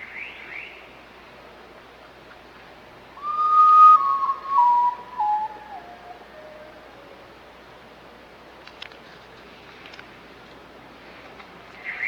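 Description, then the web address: Night bird giving a clear whistled call that steps downward in pitch over a few seconds, with soft background hiss and a few faint clicks. "lunazzi passaro noturno Passaro noturno"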